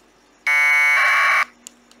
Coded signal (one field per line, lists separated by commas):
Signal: packet radio (AX.25, as in APRS)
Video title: APRS Droid Tips & Common Issues: How to Get It Working Smoothly